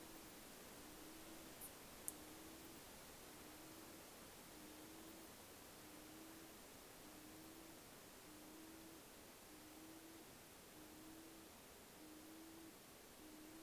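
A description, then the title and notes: Overnight night ambience under a steady, even hiss. A low, short note repeats at a regular pace, about once a second, throughout. Near the two-second mark there is a single sharp click, along with faint high ticks. Menindee Lakes.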